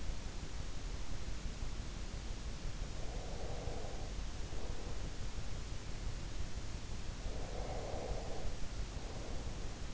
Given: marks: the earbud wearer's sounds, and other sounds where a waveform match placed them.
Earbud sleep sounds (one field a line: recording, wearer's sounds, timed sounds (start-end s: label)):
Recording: sounds in sleep by an in-ear microphone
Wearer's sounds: breath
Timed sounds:
2.85-5.48 s: breath
7.25-9.93 s: breath